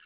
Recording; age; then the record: pig call; piglet (1 to 25 days)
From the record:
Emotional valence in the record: positive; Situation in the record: short reunion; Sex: female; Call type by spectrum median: high-frequency call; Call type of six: low-frequency tonal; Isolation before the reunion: 3 minutes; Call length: 0.06 s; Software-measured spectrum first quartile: 1900 Hz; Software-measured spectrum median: 2881 Hz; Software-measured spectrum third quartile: 4713 Hz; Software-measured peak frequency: 2744 Hz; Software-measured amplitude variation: 4 dB a second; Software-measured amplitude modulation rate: 7.8 a second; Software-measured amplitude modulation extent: 0.5 dB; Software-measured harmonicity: 2.9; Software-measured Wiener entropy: -1.92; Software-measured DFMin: 834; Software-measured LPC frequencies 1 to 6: 1409, 1662, 2819, 5210, 7005, 8730 Hz